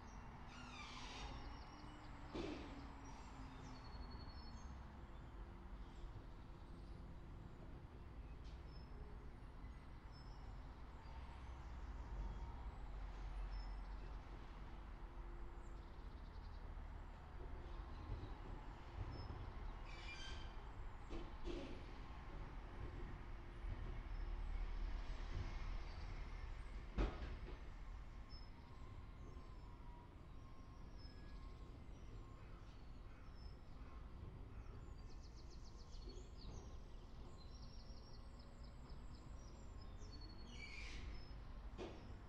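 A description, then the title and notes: A bin lorry rumbles in a suburban street, a steady low engine drone with a whining tone, occasional clanks and brief sharp knocks. Springtime residential soundscape from the suburbs of South London during the first lockdown. The recording presents the entire refuse collection sequence from the point of audition of my bedroom. The bin lorry turns into the top of the street, gradually moves down the street passing by my bedroom window where the microphones are positioned, and steadily disappears from within earshot.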